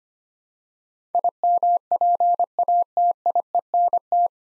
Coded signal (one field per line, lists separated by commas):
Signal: Morse code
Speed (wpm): 25 wpm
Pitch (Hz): 700 Hz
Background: none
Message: IMPATIENT